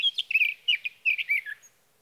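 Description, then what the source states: Sage thrasher singing a rapid run of warbled, slurred notes that tumble up and down before trailing off. Male singing through the night near his night roost, evening of June 12 to morning of June 15, 2018, Sierra Valley, California; Swift recorder.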